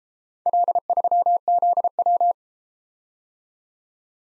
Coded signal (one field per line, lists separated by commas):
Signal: Morse code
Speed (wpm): 31 wpm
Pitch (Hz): 700 Hz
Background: none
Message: L3ZW